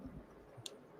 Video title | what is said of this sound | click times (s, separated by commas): 3D Hangouts – Pi 5 Case, Round Display Ornament and Grinch Hand | let see if I can there you go so that clicks in there you get a nice click and you can see that | 0.7 s